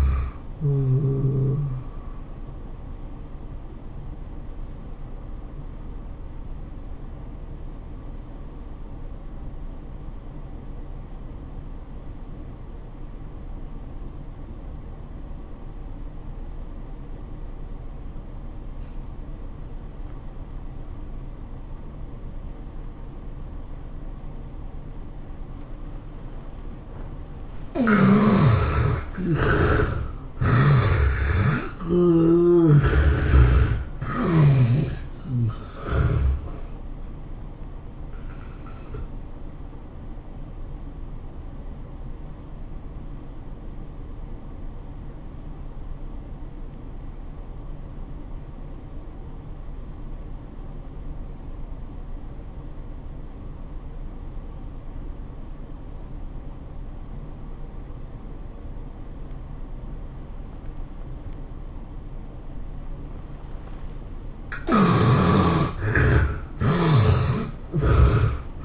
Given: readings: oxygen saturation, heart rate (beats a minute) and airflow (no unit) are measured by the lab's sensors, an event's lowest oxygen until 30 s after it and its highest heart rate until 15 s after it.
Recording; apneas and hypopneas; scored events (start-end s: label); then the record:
breathing in sleep by a smartphone at the bedside; 2
11.00-27.70 s: obstructive apnea (N1, oxygen 97% highest, then 68% lowest, heart rate 96 at the start, 107 highest)
46.00-64.50 s: obstructive apnea (N1, oxygen 94% highest, then 70% lowest, heart rate 87 at the start, 106 highest)
From the record:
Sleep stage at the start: N1 (lightest sleep); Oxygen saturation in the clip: 68 to 97%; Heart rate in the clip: 73 to 107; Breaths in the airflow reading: 7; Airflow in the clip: -12.4 to 13.9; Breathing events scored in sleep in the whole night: 403 in 5.5 hours asleep